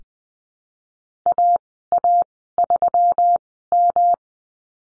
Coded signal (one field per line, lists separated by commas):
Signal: Morse code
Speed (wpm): 20 wpm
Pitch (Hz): 700 Hz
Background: none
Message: A A 3 M